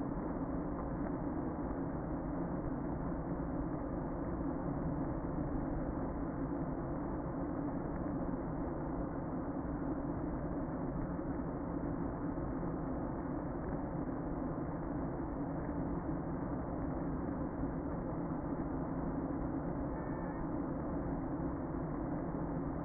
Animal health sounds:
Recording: honeybee colony, microphone inside the hive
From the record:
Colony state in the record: queen present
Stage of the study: before two queens were removed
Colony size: about 60,000 bees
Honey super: yes

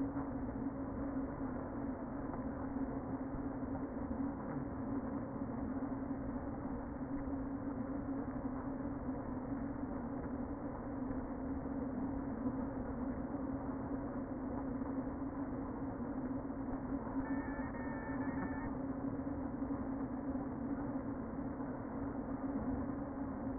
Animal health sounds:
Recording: honeybee colony, microphone inside the hive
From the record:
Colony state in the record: queen present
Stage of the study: before two queens were removed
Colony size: about 60,000 bees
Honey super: yes

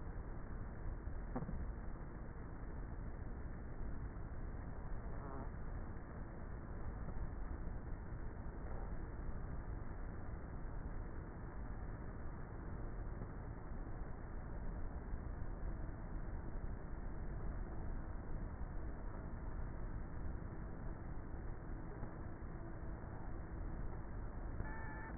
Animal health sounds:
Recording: honeybee colony, microphone inside the hive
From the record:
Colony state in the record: queenless with a low population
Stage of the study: before two queens were removed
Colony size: about 30,000 bees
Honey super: no

